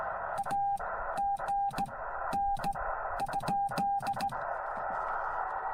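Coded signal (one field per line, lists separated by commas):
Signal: Morse code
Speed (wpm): 16 wpm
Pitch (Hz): 800 Hz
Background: radio noise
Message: AGN?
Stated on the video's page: Parks on the Air CW activation, Yaesu FT-891 at 25 watts, straight key, 17-foot Chameleon whip on a mag-mount; unedited raw recording.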